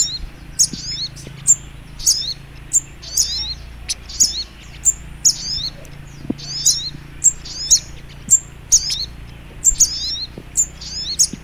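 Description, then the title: Little spiderhunter song: high, thin, twittering phrases with rapid up-and-down slurs, repeated many times, over a low steady hum. Training recording (masteran) of sogok ontong labaik. "Masteran Burung Sogok Ontong Labaik"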